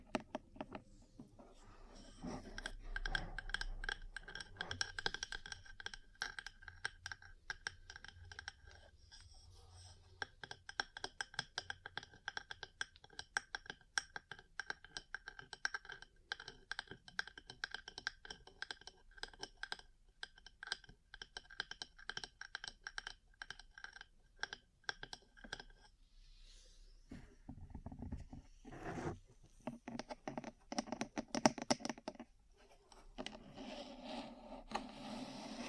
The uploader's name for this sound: Ear Cleaning, Massage, Cupping, Tapping